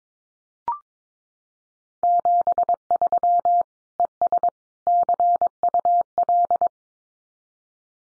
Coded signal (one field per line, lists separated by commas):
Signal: Morse code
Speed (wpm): 22 wpm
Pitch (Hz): 700 Hz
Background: none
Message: 73 ES CUL